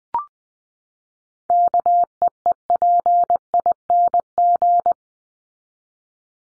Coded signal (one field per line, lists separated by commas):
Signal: Morse code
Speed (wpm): 20 wpm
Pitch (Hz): 700 Hz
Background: none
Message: KEEPING